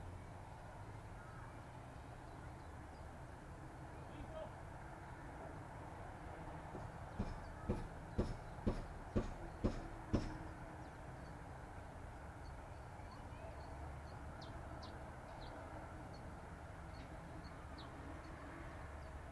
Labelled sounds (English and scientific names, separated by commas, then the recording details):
Common Chiffchaff (Phylloscopus collybita)
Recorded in captivity
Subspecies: collybita
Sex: male
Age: adult
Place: Volierenanlage, Zoologisches Institut Universität Tübingen, Baden-Württemberg, DE
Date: 1968-06-21 15:00
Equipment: Nagra III PH, MD 211, LGS26
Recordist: Schneider, Hans-Joachim
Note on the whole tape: Voliere I: Auch Aufnahmen vom 23. Juni 8:30 Uhr. 1. Aufn.: Abnormer Gesang von Männchen blau/blau - rot/blau (aus eigener Zucht 1967). 2. Aufn.: Wiederholung mit besserer Tonqualität. Dieses Männchen war den Winter über zusammen mit einigen Phylloscopus coll. brehm. Männchen im gleichen Raum untergebracht. MaAs: I.M.-H